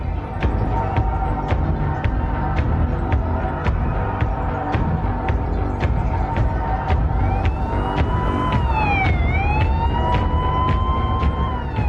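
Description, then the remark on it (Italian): Police car sirens wail as police cars speed past in front of the Texas Movie Theater, over a loud, steady rumble of traffic. Their pitch sweeps and bends downward as they go by, with sharp repeated clicks or knocks throughout. “Mentre le auto della polizia sfrecciano di fronte al Texas Movie Theater, la cassiera del cinema esce dal gabbiotto della biglietteria per vedere che sta succedendo.”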